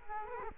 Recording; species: mosquito wingbeat signal from an infrared sensor; Culex quinquefasciatus